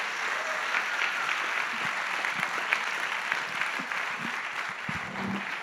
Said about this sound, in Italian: Io vorrei che noi facessimo un particolare applauso a tutti i papà che sono in sala. Vogliamo farlo sentito, profondo.